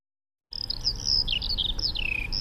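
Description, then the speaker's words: Eurasian skylark song, a rapid, continuous high warble of trilled and slurred notes, starting after a brief silence, over faint low rumble. Sings while gliding down to earth from 150 m, for minutes, audible far around; usually sings in March, sometimes February, which farmers take as a warning sign. "So klingt die Feldlerche."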